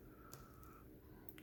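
A plastic retaining clip on the instrument cluster trim of a Chevy Colorado pickup truck is wiggled side to side in its mount, with faint rubbing and a small tick at 0.3 s. Sharp little clicks at 1.3 s and 1.4 s mark the clip popping out of its mount, released.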